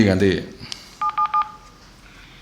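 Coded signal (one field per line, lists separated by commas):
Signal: none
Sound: radio key beeps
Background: speech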